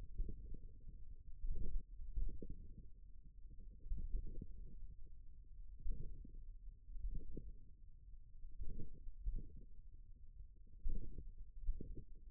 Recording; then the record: forearm muscle sounds (acoustic myography)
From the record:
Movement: finger pinch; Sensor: system 1, eight BSWA MPA416 microphones around the upper forearm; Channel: 6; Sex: male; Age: 41 years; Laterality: right